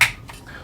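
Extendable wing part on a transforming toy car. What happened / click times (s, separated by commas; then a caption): The plastic wing part clicked into its fully extended position / 0.3 s. A plastic wing or thruster part on a red gullwing M.A.S.K. Thunderhawk transforming toy car is extended for flight mode. A sharp, bright snap opens the clip, followed by a short, quieter click at 0.3 s as the part reaches full extension. The part clicks into place, fully extended.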